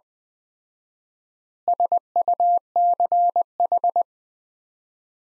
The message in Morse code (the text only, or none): SUCH